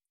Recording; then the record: hydrophone in a shrimp aquaculture tank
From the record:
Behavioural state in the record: stressed